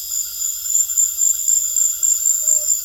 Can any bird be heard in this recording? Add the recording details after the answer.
yes. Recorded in secondary vegetation near Puerto Asís, Putumayo, Colombia, on 22 June 2025 at 18:30. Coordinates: 0.500, -76.326. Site GP08